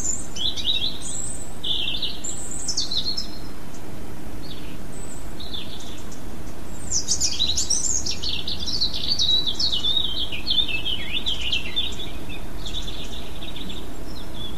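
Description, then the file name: European robin song: scattered high whistled notes at first, then a longer rushing run of fast twittering and slurred trills, with steady background noise. "rouge gorge"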